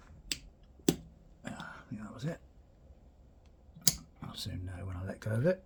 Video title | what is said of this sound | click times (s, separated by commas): Yamaha SRX600 restoration part 07 | I don't think that's quite in let's give it another go | 0.3 s, 0.9 s, 3.9 s